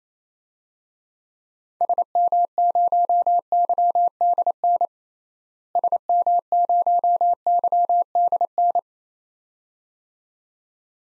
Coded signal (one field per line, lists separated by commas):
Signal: Morse code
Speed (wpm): 28 wpm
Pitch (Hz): 700 Hz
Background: none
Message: SM0YDN SM0YDN